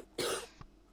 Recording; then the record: coughing mixed with background sound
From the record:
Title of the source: 30 Chesty and wet cough